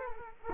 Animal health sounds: mosquito wingbeat signal from an infrared sensor; Culex quinquefasciatus

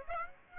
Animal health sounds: mosquito wingbeat signal from an infrared sensor; Aedes aegypti

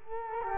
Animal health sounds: mosquito wingbeat signal from an infrared sensor; Culex quinquefasciatus

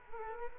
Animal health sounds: mosquito wingbeat signal from an infrared sensor; Culex quinquefasciatus

